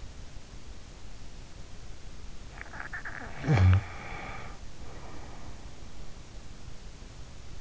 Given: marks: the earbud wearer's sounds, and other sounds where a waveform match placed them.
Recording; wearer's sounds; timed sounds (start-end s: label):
sounds in sleep by an in-ear microphone; snoring breath
2.51-5.64 s: snoring breath